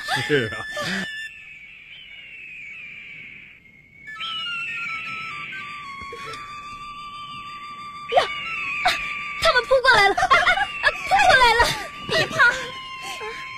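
Many mountain eagles flying in and calling: a long, high, wavering whistle-like cry, then a burst of sharp, shrill squeals and chirps crowding together over a steady high tone.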